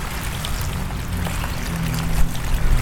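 Water fetched from the back of the yard pours steadily from a large bucket in a continuous, gushing splash with a deep rumbling body, growing slightly heavier toward the end, with no one talking.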